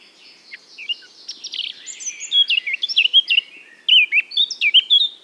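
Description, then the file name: Eurasian blackcap song: a soft scratchy warble building into loud, clear fluted notes, rapid varied whistles in the second half, quiet background. "Sylvia atricapilla"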